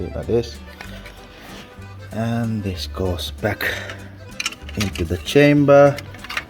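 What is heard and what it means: A refilled plastic staple cartridge is being handled and pushed back toward the chamber of a Ricoh copier finisher's stapler unit (SR3220/SR3270) while someone talks over background music, with a few brief handling taps near the end. The cartridge has not seated or clicked into place yet.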